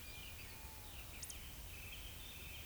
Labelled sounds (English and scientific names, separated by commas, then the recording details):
Eurasian Woodcock (Scolopax rusticola) whistle
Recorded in Baden-Württemberg, Germany, on 10 May 2021 at 19:19 UTC
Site 24606, 635 m above sea level